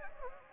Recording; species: mosquito wingbeat signal from an infrared sensor; Anopheles gambiae